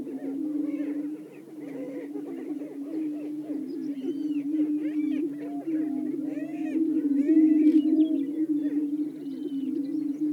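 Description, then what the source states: Greater prairie-chickens keep up a deep, unbroken booming hum, with many looping, slurred cackles and a few higher arched calls. Several greater prairie-chickens calling.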